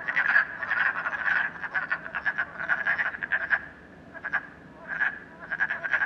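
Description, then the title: Frogs giving rattling croaks in a busy chorus that drops to near silence around the middle, then resumes in short bursts. Frogs in a puddle at night in Canada, recorded during COVID-19. "Frogs, Night, Train, Canada"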